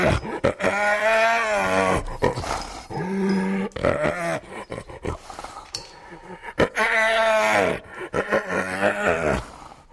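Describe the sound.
Hyena giving repeated groaning, harmonic cries in bursts of roughly a second, some wavering and falling at the end, separated by clicks and scuffling noises.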